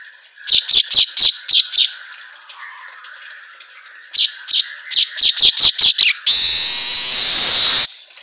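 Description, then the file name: Asian golden weaver song: bursts of quick, dry ticking chatter with a pause between, ending in a loud, drawn-out sizzling hiss that climbs a little. Manyar kepala emas singing energetically (auto gacor). "Suara Kicau Manyar Kepala Emas Auto Gacor"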